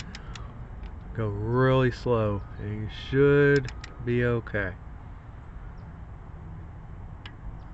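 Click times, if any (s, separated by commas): 7.3 s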